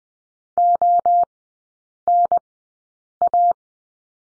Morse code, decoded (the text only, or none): ONA